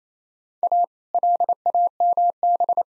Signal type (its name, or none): Morse code